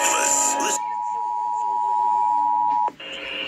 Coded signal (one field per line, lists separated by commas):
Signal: Emergency Alert System (SAME) tones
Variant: 853 and 960 Hz attention tone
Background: speech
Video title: Indiana Required Monthly Test on WNSN, WFBQ, and WVPE